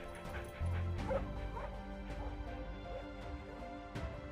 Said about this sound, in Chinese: 狗又嗷呜一声，这才抖去满身的泥水，飞一般的追上了自己的那群同。